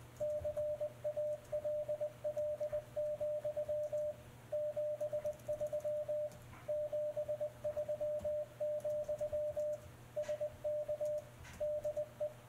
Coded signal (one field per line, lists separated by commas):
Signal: Morse code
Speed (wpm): 21 wpm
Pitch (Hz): 600 Hz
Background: radio noise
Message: CALL, 73 73, SK DE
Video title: Icom 7300 | MRP40 CW Morse Decoder